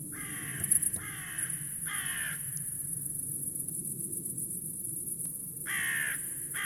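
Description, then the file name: Carrion crow giving a series of rough caws, three in quick succession, a long gap, then two more calls. "Corvus corone"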